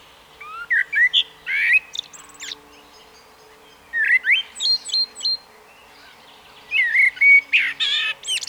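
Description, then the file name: Common blackbird singing in three short bursts of fluty whistles mixed with thin high squeaks, quiet pauses between them and a faint low hum beneath. "Turdus merula"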